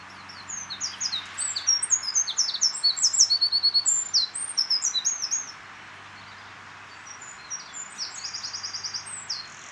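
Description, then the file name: Eurasian wren singing a loud, fast, tinkling phrase of high notes and rattling trills for five seconds, then a softer second phrase near the end over steady hiss. "Troglodytes troglodytes"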